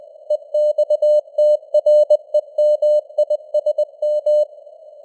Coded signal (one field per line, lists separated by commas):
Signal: Morse code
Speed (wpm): 20 wpm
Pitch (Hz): 600 Hz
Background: none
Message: EXTREMISM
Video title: Morse Code News | 2025-11-01 | 20wpm